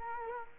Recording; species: mosquito wingbeat signal from an infrared sensor; Culex quinquefasciatus